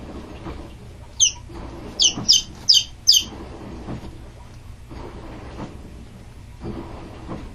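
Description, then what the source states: Chicken chicks peeping: a single high, sharp peep, then a quick burst of four, and one more at the end, over a steady machine rumble with rhythmic swishing. Chicks peeping near a running washing machine.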